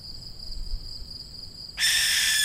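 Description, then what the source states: Young barn owl: quiet high drone, then a loud, broad rasping hiss bursts in and continues to the end. Young birds.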